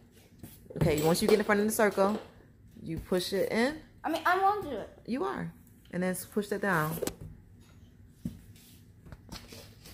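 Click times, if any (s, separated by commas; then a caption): 9.1 s. During assembly of an Infantino 4 in 1 Convertible High Chair, a plastic part (B2) is pushed down into its socket in the chair frame. Someone talks over soft handling noises. The part clicks into place with a short, sharp click at 9.1 s and is seated.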